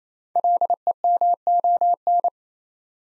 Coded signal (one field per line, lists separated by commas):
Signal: Morse code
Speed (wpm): 27 wpm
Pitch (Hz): 700 Hz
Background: none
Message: LEMON